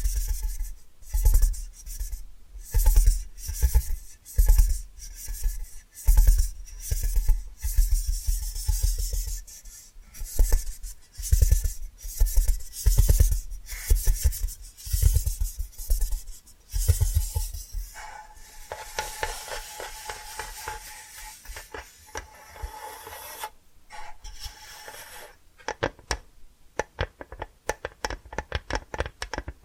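Tapping and scratching sounds in quick, irregular bursts, with thuddy low knocks landing every second or so through the first seventeen seconds. After that the strokes turn lighter and hissier, a dense crackly scratching that thins into sparse sharp taps near the end.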